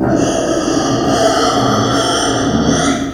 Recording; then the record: squeal of a Yucatan mini pig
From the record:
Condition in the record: before surgery on the right vocal fold (resection and tissue-engineered implant); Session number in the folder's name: 3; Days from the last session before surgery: 0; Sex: female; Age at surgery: 19 weeks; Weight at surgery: 25 kg